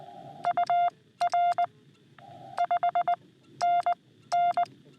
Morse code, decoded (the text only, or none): UR 5NN